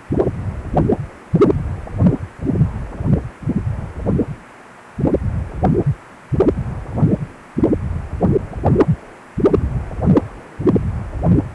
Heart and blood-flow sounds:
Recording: Doppler ultrasound of blood flow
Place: precordium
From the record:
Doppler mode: continuous wave and pulsed wave in the uncut recording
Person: healthy adult, 18 to 50 years, no heart murmur, not diving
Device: 2.5 MHz transducer

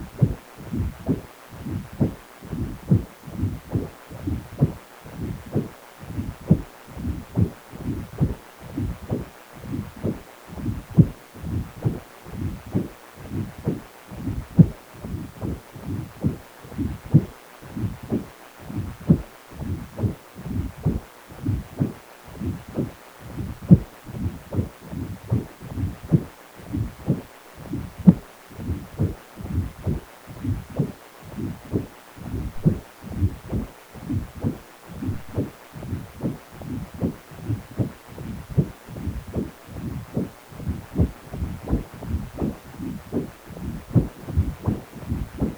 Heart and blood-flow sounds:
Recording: Doppler ultrasound of blood flow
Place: precordium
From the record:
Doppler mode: continuous wave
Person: healthy adult, 18 to 50 years, no heart murmur, not diving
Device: 2.5 MHz transducer

